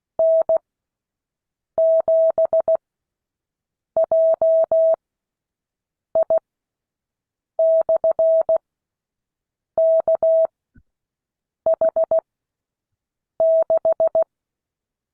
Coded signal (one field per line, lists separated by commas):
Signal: Morse code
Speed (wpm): 16 wpm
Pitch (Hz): 650 Hz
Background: none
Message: N7JI/KH6